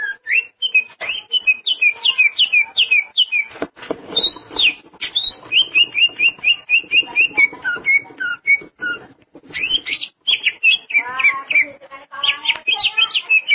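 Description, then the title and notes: Greater green leafbird song: a rich, continuous run of varied whistles, chirps and trills, with repeated descending notes and fast sweeping phrases. "Suara Kicauan Burung Cucak Ijo"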